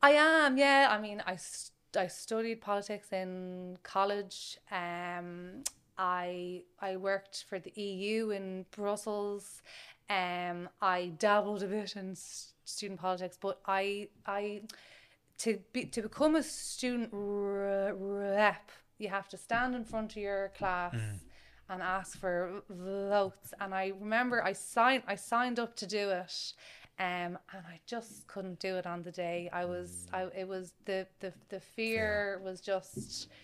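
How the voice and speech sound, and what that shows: Speech from a 34-year-old woman who has stammered for as long as she can remember. Her speech has sound and word repetitions, stretched sounds and silent blocks, fitting stuttering (stammering).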